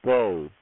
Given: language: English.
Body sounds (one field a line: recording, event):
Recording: throat vibration sensor signal played as sound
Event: speech